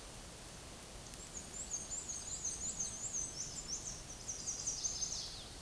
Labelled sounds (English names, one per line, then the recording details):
Black-and-white Warbler song
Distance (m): 30 m
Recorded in a Pennsylvania forest on 18 May 2023 at 13:55
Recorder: AudioMoth, point grid1_28_low
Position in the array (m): 75 m, 103 m